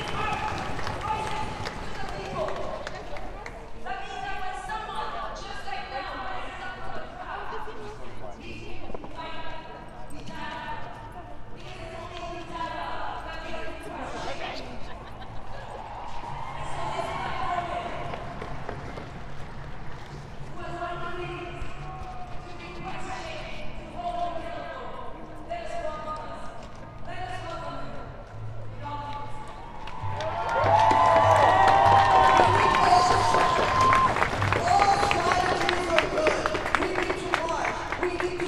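Street protest ambience with overlapping voices talking and calling out throughout, forming a busy, shifting murmur with a low rumble underneath. Around thirty seconds the sound jumps louder and brighter as voices rise together, like a crowd cheering or chanting, and it stays loud to the end.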